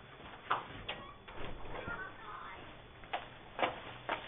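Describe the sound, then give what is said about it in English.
A door being shut: a handful of sharp, knocking clicks and thumps spaced irregularly over a few seconds, with soft shuffling and rustling between them. “I'm going to shut this door real quick.”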